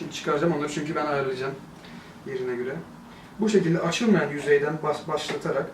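A memory module is started from the fixed, non-opening side of a motherboard slot and handled into position while someone talks throughout. Nothing has seated or clicked yet.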